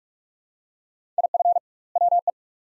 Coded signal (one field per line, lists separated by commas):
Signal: Morse code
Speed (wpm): 47 wpm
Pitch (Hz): 700 Hz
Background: none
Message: IF WE